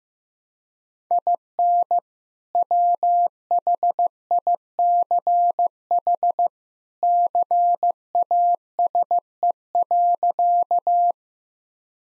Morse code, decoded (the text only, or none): IN WHICH CASE.